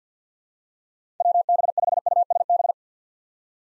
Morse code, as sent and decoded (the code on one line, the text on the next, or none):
.-- -... ..... ..- ... -...
WB5USB